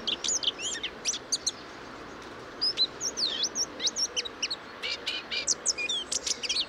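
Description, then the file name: Eurasian blackcap delivering bright, jumbled warbling with clear descending and rising whistled notes, short gaps between phrases, faint hiss behind. "Sylvia atricapilla"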